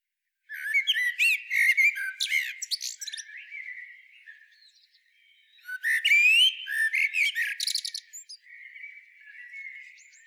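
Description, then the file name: Eurasian blackbird uttering two busy phrases of harsh clicks and rising squeaky whistles, each fading into softer trailing notes. "Turdus merula"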